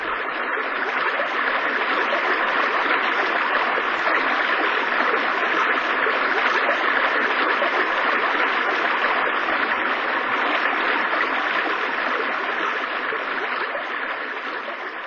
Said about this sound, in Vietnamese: Tôi gào lên, nhưng chỉ có tiếng ầm ảo của thác nước tựa như giọng người vọng đến tai tôi.